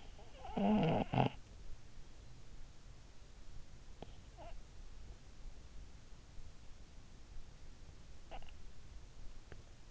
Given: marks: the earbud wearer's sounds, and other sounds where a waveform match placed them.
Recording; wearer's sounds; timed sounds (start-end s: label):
sounds in sleep by an in-ear microphone; snoring breath
0.00-1.82 s: snoring breath